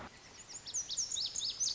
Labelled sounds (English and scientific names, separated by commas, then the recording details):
Lazuli Bunting (Passerina amoena)
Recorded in Sonoma County, California